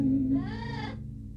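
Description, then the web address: Parrot laughing, a short harmonic, bleat-like burst, slightly rising then falling, over a steady low hum. "Edith SOUNDS Parrot Laugh"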